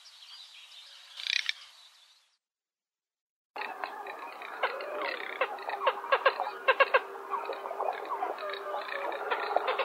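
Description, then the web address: Garganey calling with a short rasp, a pause, then a long dry rattle of rapid clicking pulses with a few louder accents. Uzbekistan. "Uzbek hayvonlar Anas querquedula aves"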